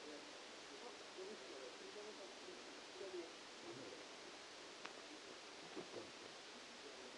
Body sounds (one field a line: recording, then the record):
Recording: brain microelectrode recording played as sound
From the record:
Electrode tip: outside the subthalamic nucleus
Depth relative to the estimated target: 7 mm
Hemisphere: left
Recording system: NeuroSet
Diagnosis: Parkinson's disease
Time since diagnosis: 8 years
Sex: male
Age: 65 years